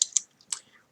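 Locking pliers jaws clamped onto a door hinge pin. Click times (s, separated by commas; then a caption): 0.0 s. Adjustable locking pliers (vise grips) clamped on the top pin of a metal door hinge have their handles squeezed hard until the toggle mechanism snaps over center, giving a sharp click at 0.0 s as the jaws lock tight onto the pin. Two more bright, crisp clicks follow at about 0.2 s and 0.5 s, with a faint tick near 0.4 s.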